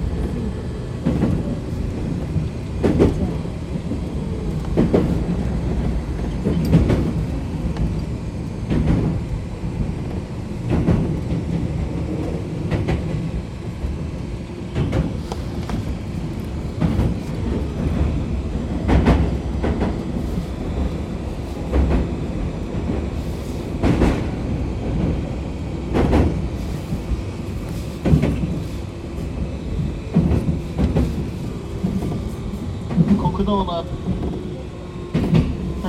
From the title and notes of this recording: 鶴見線（クモハ204-1109） 鶴見-国道. The Tsurumi Line of JR East, which runs through the industrial area of Tokyo, is a line for people who commute to factories. ZOOM H2. Tsurumi Line (Kumoha 204-1109) From Tsurumi to Kokudo.